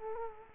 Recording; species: mosquito wingbeat signal from an infrared sensor; Culex quinquefasciatus